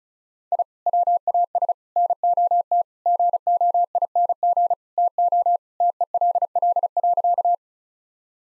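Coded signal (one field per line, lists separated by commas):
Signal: Morse code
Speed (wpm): 36 wpm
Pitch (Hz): 700 Hz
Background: none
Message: I WAS NOT GOING TO TELL.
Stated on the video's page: Morse practice of sentences with common five-word phrases at 35wpm, each sentence sent before and after being spoken.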